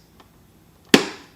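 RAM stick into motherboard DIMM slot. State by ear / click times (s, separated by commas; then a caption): partly seated / 0.9 s. A RAM stick is pushed down into a motherboard DIMM slot, with a faint tick at 0.2 s and then one loud, sharp snap at 0.9 s that rings out over the next few tenths of a second. The stick has latched on one side only.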